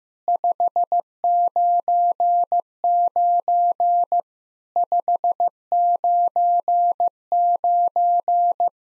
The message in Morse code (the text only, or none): 599 599